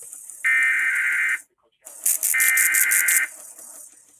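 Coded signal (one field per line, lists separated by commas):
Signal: Emergency Alert System (SAME) tones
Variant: header bursts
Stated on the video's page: NOAA Weather Radio Required Weekly Test with relay failures.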